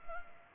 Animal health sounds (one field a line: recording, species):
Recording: mosquito wingbeat signal from an infrared sensor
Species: Culex pipiens